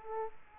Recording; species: mosquito wingbeat signal from an infrared sensor; Culex quinquefasciatus